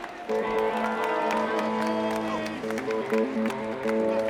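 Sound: audience applause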